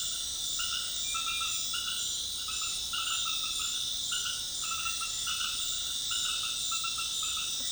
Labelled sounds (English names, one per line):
none